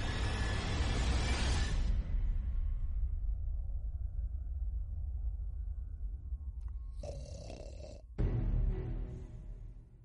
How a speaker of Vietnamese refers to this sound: Tiếng ngáy vang lên, không có gì lạ.